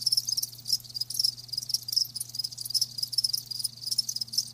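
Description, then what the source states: Cricket song: shrill, rapid chirps repeated in quick bursts, forming a busy high chorus with a low background hum. Live crickets chirping, a lulling song.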